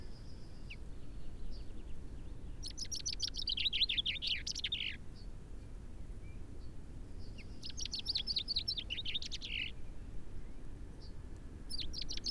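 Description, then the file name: Common chaffinch song: two bright, rapid descending trill phrases about two seconds long, each ending in a flourish, over steady low background rumble. "Fringilla coelebs"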